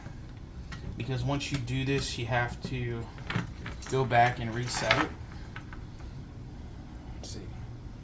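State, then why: Not seated. Someone talks while handling a foothold trap whose trigger has had a deeper notch filed into it, working the trigger dog toward the pan notch so it will catch. A few brief metallic taps are heard around 0.7, 5.6 and 5.7 seconds, but nothing has seated or clicked into the notch yet.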